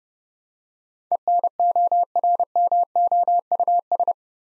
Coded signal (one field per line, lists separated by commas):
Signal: Morse code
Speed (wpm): 30 wpm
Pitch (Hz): 700 Hz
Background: none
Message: ENORMOUS